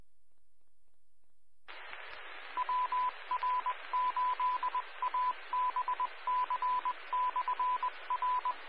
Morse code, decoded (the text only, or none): WR8ABC/R